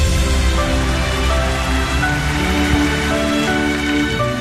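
An audience applauds loudly and steadily, a dense, crackling wash of many hands clapping that fills the whole moment without pause, with no voices heard over it, welcoming a stage actor from the National Centre for the Performing Arts.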